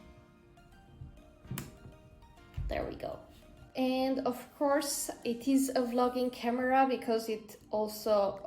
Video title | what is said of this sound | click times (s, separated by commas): Sony ZV E10L vs. Canon G7X M3 - Sony ZV E10L unboxing | then you twist it in the opposite direction until you hear the click | 1.6 s